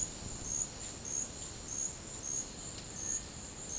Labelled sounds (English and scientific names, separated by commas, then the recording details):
none
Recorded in dense forest near Puerto Asís, Putumayo, Colombia, on 4 March 2025 at 12:30
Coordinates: 0.500, -76.322
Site GP06